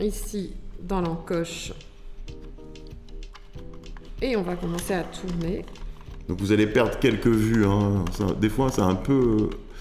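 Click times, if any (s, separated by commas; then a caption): none. Someone talks over background music while the end of a 24x36 film is placed into the notch of the take-up spool in a medium format camera and winding begins, with a few faint, quick ticks between about 2.3 and 4.0 seconds. The film has not engaged in the spool notch, and nothing has seated or clicked into place.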